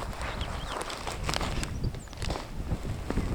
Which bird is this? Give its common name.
Superb Starling